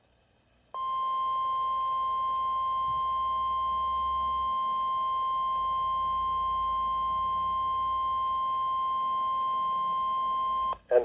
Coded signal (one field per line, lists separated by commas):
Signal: Emergency Alert System (SAME) tones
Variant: 1050 Hz attention tone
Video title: Emergency Alerts from June 22, 2021(EAS #42-46) (EAS COMPILATION 4)